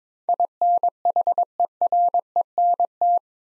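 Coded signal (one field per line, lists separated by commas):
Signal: Morse code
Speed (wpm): 22 wpm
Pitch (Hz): 700 Hz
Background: none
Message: INHERENT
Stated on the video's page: Morse head-copy drill of eight-letter words at 22 wpm; each word is sent, then spoken, then sent again.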